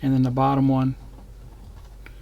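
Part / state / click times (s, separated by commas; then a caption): bottom plastic handset half onto the upper handset half of a scale model radio / seated / 2.1 s. Someone talks for about the first second, then the bottom plastic half of a radio handset for a 1:8 scale Ghostbusters Ecto-1 model car kit is pressed onto the upper handset half. A single short tick-like snap at 2.1 s shows it has seated in place.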